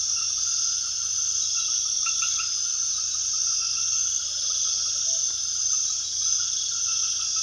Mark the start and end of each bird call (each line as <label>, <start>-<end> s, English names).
Tropical Screech-Owl, 3.88-5.24 s